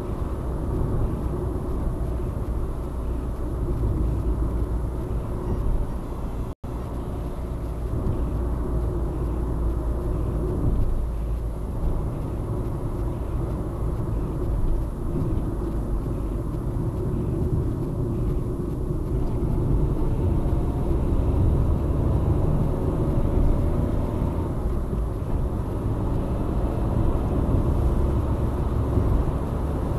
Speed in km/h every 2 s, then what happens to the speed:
70, 64, 65, 61, 60, 58, 59, 57, 51, 47, 54, 60, 64, 70, 76.
0-19 slows to 47. 19-30 speeds up to 76.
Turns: none.